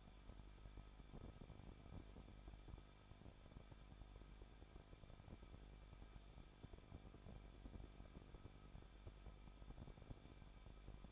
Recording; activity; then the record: daily activity, microphone in the room; no activity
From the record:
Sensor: 5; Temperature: 20.8 degrees Celsius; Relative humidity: 38.5%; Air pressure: 1006.5 hPa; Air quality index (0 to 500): 191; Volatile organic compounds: 20 ppm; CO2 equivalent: 2689 ppm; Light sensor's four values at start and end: 2/3/1/1 and 2/3/1/1